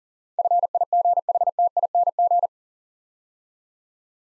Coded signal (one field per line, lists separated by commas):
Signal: Morse code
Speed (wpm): 39 wpm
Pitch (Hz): 700 Hz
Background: none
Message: FIGHTING